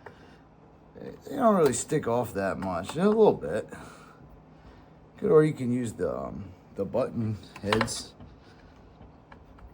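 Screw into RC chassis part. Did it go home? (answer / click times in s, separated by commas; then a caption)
no / 9.3 s, 9.6 s. A screw, button head or countersunk, is driven into an RC car chassis part while someone talks. Sharp clicks at 9.3 s and 9.6 s mark the thread or head slipping as it strips out, with the supplied hardware blamed for the failure.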